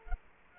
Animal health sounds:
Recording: mosquito wingbeat signal from an infrared sensor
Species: Culex quinquefasciatus

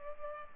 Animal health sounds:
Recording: mosquito wingbeat signal from an infrared sensor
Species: Culex pipiens

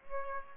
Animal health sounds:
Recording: mosquito wingbeat signal from an infrared sensor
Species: Aedes aegypti

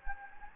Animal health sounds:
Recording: mosquito wingbeat signal from an infrared sensor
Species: Anopheles gambiae

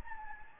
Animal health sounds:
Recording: mosquito wingbeat signal from an infrared sensor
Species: Anopheles gambiae

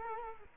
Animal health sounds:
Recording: mosquito wingbeat signal from an infrared sensor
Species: Culex quinquefasciatus

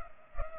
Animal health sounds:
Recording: mosquito wingbeat signal from an infrared sensor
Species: Culex pipiens

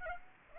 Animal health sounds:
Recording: mosquito wingbeat signal from an infrared sensor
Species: Aedes aegypti

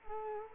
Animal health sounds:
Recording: mosquito wingbeat signal from an infrared sensor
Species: Culex quinquefasciatus

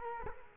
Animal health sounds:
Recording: mosquito wingbeat signal from an infrared sensor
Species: Culex quinquefasciatus

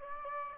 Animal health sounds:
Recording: mosquito wingbeat signal from an infrared sensor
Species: Aedes aegypti

